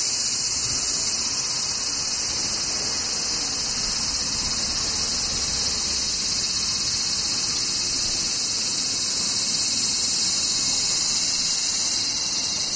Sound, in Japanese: セミ